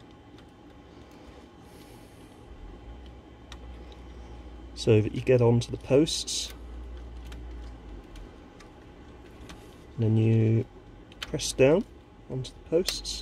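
A relay or clip part is lined up and guided onto its plastic mounting posts on the circuit board of a PYE 20VR22 V2000 VCR deck, ready to be pressed down. Someone talks over a low steady hum and a few faint handling ticks. Nothing has seated or clicked yet.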